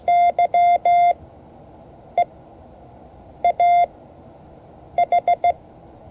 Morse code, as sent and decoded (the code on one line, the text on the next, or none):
-.-- / . / .- / ....
Y E A H